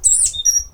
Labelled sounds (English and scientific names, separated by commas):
Stitchbird (Notiomystis cincta) song